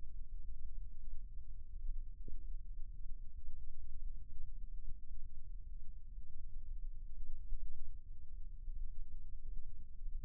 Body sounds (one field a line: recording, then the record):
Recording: forearm muscle sounds (acoustic myography)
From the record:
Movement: rest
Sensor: system 1, eight BSWA MPA416 microphones around the upper forearm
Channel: 8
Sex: male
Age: 20 years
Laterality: left